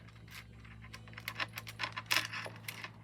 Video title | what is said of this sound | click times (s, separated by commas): 👍🏻🌿LAST CARD SKETCH AND A TRULY BEAUTIFUL SET OF CARDS | And you can feel it click in. When it clicks in, it clicks in. There it is. There it is there. | 2.1 s